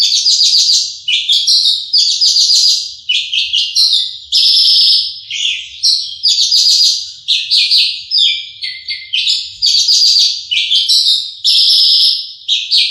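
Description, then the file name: Horsfield's bush lark singing a long, varied high song of chirps, buzzes and trilled phrases with few pauses. Bird named Mercy, owned by Om Donny. "audio branjangan mercy milik om donny marga omkicau com"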